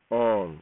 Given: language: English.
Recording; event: throat vibration sensor signal played as sound; speech